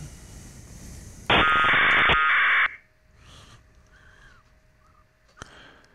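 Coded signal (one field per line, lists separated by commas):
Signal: packet radio (AX.25, as in APRS)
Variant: 1200 baud AFSK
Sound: a short harsh warbling data burst over hiss, then quiet static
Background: radio static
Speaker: so it'll pick up a couple more here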